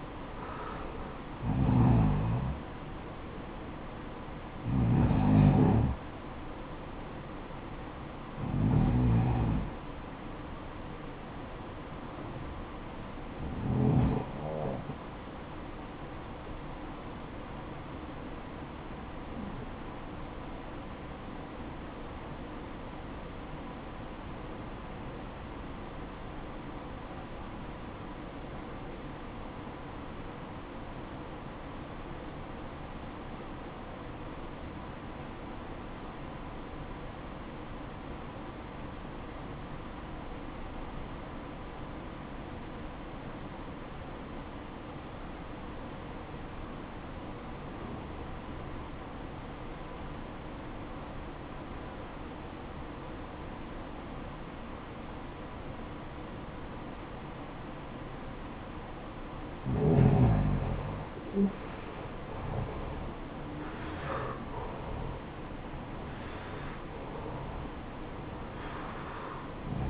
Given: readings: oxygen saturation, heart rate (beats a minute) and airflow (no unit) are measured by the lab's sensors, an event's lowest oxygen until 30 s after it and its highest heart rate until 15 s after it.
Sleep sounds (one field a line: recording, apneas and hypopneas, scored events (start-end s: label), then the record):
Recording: breathing in sleep by a voice recorder at the bedside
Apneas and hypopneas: 1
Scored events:
24.00-60.60 s: obstructive apnea (REM, oxygen 95% highest, then 86% lowest, heart rate 58 at the start, 78 highest)
From the record:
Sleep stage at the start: REM sleep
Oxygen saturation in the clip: 82 to 95%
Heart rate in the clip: 58 to 78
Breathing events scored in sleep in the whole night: 573 in 9.8 hours asleep